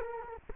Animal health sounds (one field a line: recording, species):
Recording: mosquito wingbeat signal from an infrared sensor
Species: Culex quinquefasciatus